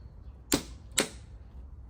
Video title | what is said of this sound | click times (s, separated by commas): Yamaha R7 Telefon Tutucu (QuadLock) Nasıl Takılır? | çıt sesini duyunca torklama işlemimiz tamamlanmış oluyor | 0.5 s, 1.0 s